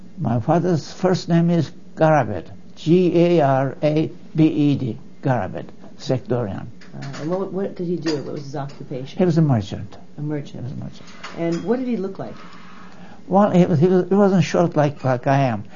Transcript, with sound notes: My father's first name is Garabed, G-A-R-A-B-E-D, Garabed Sekdorian.
And what - what did he do? What was his occupation?
He was a merchant.
A merchant.
A merchant. (clanging in background)
And what did he look like?
Well he was - he was - he wasn't short like - like I am.